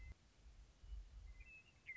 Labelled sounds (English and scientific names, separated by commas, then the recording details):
Western Meadowlark (Sturnella neglecta)
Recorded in Sonoma County, California